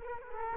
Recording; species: mosquito wingbeat signal from an infrared sensor; Culex quinquefasciatus